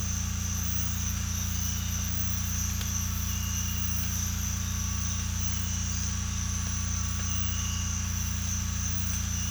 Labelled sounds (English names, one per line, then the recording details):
none
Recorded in secondary vegetation near Puerto Asís, Putumayo, Colombia, on 18 December 2024 at 06:00
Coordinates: 0.485, -76.322
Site GP08